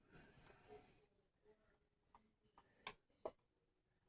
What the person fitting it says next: There we go. Heard the little click. Then we're okay to go.